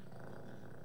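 A soft, steady low rumble from Maggie, a sleeping household pet, heard as ordinary snoring.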